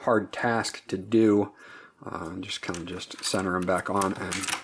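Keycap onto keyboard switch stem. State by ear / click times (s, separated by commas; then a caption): not seated / none. A removed plastic keycap is centered and pressed back down onto the mechanical key switch stem of an Azio Backlit Mechanical Gaming Keyboard MGK1-K while someone talks. The clip ends before the keycap goes home, so nothing has seated or clicked yet.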